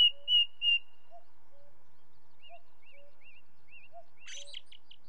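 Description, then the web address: Ring ouzel giving three loud clear whistled notes, followed by soft fluted phrases and a burst of high twittering from another bird. Ring ouzel singing, recorded with the song of a second bird. "BBC Sound Effects Library. Ring Ouzel"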